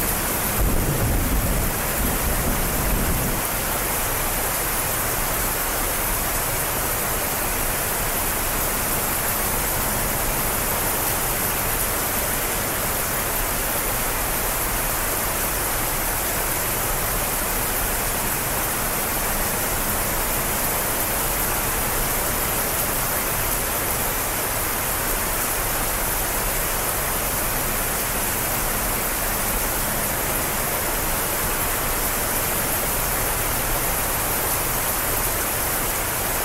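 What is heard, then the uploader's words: Steady, dense rain hisses evenly throughout, bright, with a brief low rumble in the first few seconds before settling into constant rainfall. Rain sounds.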